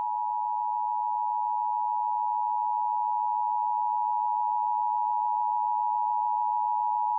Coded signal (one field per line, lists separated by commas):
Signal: Emergency Alert System (SAME) tones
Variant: 853 and 960 Hz attention tone